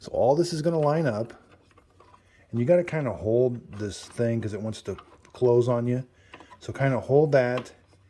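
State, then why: Not seated. A cleaned plastic pod holder (needle basket) for a Keurig K-Cafe Latte Cappuccino coffee maker is lined up by its tabs with the brew head, which wants to close on it, while someone talks. Faint, brief handling ticks come through between about 1.7 s and 2.1 s. Nothing has seated or clicked yet.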